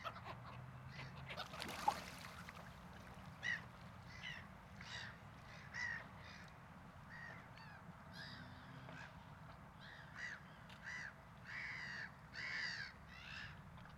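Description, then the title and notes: Gull calls, a series of nasal, ringing cries repeated at short intervals over a constant low hum. At a waterfront. "Seagulls. You went to the waterfront to meditate on Saturday"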